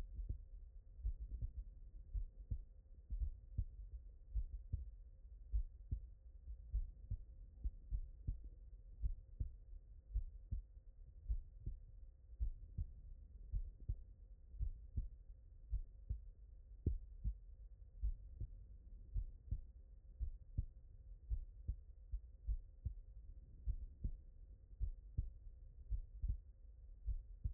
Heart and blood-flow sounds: heart sounds by stethoscope; tricuspid valve (TV)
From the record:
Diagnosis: non-HFrEF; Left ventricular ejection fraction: 58%

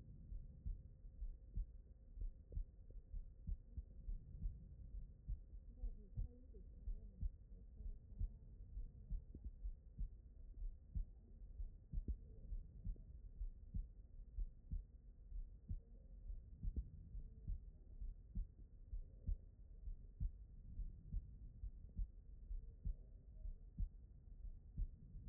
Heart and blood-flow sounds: heart sounds by stethoscope; pulmonary valve (PV)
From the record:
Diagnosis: non-HFrEF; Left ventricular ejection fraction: 69%

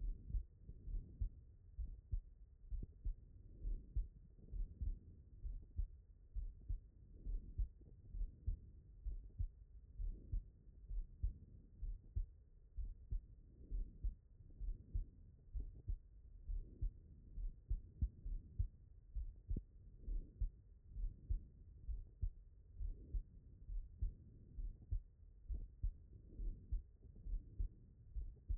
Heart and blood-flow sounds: heart sounds by stethoscope; pulmonary valve (PV)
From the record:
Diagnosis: non-HFrEF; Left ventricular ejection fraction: 42%

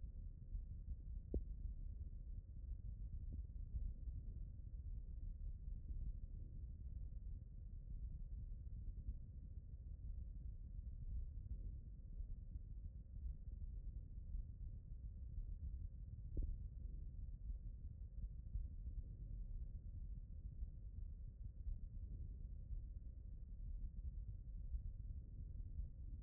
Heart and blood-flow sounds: heart sounds by stethoscope; pulmonary valve (PV)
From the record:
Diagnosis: non-HFrEF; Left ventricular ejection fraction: 46%

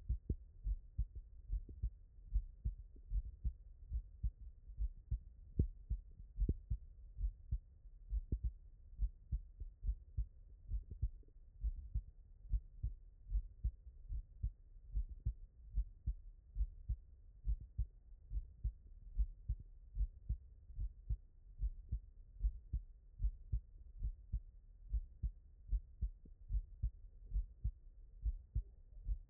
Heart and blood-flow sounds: heart sounds by stethoscope; tricuspid valve (TV)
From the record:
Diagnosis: non-HFrEF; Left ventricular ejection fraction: 62%

